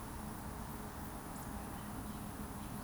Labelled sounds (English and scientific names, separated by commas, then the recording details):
Eurasian Woodcock (Scolopax rusticola) whistle
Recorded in Baden-Württemberg, Germany, on 29 June 2020 at 20:02 UTC
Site 44395, 213 m above sea level